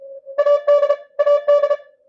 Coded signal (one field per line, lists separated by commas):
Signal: Morse code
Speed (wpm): 31 wpm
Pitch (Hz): 1150 Hz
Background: none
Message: AD AD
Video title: ARRL Inter. DX Contest, CW Final Day